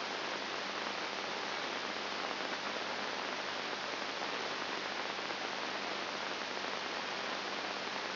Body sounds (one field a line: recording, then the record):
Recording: brain microelectrode recording played as sound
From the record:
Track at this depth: inside the subthalamic nucleus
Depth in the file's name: 0.707 mm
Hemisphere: left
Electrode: 2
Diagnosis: Parkinson's disease